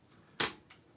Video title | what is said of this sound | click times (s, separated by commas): Ugears Pickup Lumberjack - Full Assembly - Part 1 First 10.5 Hours of 14.5 Hours | all right there's one of them one of them clicked | 0.4 s